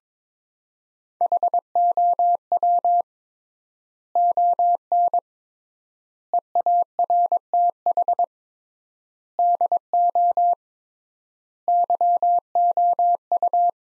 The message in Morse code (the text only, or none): HOW ON EARTH DO YOU